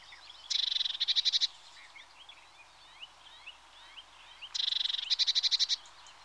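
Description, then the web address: Eurasian blue tit churring in two harsh, pulsing rattles roughly four seconds apart, with scattered short chirps from birds in between. "BBC Sound Effects Library. Blue TIT (Parus Caeruleus)"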